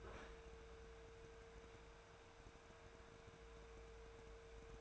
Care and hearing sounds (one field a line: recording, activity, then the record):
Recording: daily activity, microphone in the room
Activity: open fridge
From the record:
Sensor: 2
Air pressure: 1014.8 hPa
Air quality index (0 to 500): 195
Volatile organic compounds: 17 ppm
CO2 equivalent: 2579 ppm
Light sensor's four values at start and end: 10/26/10/11 and 9/23/9/10